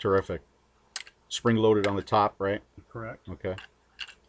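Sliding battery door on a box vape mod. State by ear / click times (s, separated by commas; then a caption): not seated / none. Someone talks while handling the spring-loaded sliding battery door on a Vapor Flask SX box vape mod, which registers into place on a ball-bearing detent rather than magnets. There are brief sharp sounds near 1.0 s and 1.1 s, but the door has not yet clicked into place or seated.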